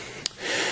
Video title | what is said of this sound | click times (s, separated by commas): Canon EF 24-70mm f/2.8L 2 USM Lens Unboxing and Review | you've got a locking system you can take a lock into place so that it doesn't move around on you | 0.3 s